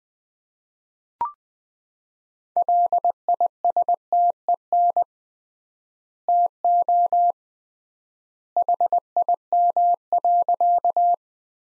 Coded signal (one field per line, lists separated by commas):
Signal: Morse code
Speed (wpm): 20 wpm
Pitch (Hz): 700 Hz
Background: none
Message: LISTEN TO HIM.